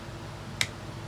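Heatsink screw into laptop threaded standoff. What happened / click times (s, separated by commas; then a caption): The screw thread dropped into place with a click / 0.6 s. A heatsink screw on a Samsung RF511 laptop, fitted in diagonal order during a thermal paste replacement, is turned anti-clockwise in its threaded standoff until a single sharp click at 0.6 s shows the thread has dropped into place and engaged. The screw is then turned clockwise, and the rest of the clip is a quiet, steady background.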